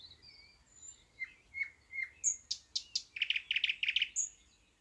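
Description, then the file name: Thrush nightingale song: high whistles and down-slurred notes, then sharp clicks and a rapid rattling series of loud pulsed notes, ending in a high whistle. "thrush nightingale - luscinia luscinia"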